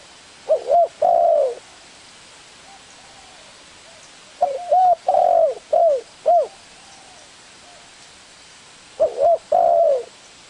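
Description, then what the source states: Spotted Dove cooing in three bursts of short hooting notes, each phrase a quick run of rounded coos separated by pauses of a few seconds. Lure calls used to attract the birds.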